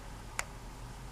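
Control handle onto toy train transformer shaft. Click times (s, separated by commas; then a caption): 0.4 s. A control handle is pressed with a little extra force onto the control shaft of a Lionel KW toy train transformer. One sharp click is heard at 0.4 s, and the handle is seated.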